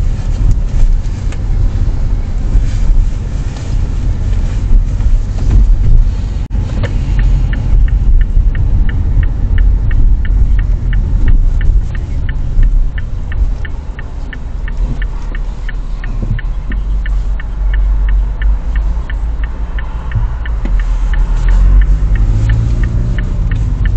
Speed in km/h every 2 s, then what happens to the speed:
30, 28, 28, 27, 25, 20, 12, 0, 0, 0, 5, 13.
0-13 slows to 0. 13-18 standing. 18-24 pulls away to 13.